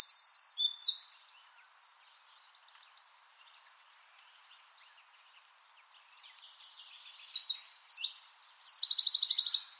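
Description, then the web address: Bird: the tail of a high trilled song, a long quiet stretch with faint ticks, then a new burst of rapid high chirps and trills. "Bird Only"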